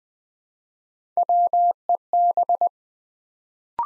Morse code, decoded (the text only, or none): WEB